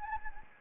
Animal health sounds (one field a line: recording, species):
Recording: mosquito wingbeat signal from an infrared sensor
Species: Anopheles gambiae